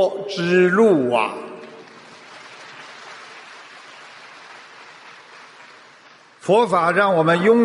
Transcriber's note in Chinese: 掌声